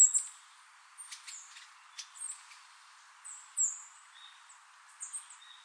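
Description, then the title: Bird chirps, sparse high, thin notes and faint clicks separated by short pauses. "LuckyPassaro Completos2Sama"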